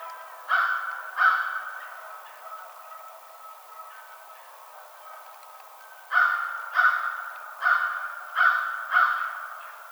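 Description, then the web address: American crow calls: two harsh caws, a pause of several seconds, then a rapid burst of five more grating caws. Recorded on 21 March 2007. "American Crow 2007 03 21"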